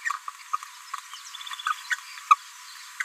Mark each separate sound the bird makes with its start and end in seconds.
0.04-0.18, 0.53-0.56, 1.65-1.74, 1.90-1.97, 2.30-2.35, 3.00-3.03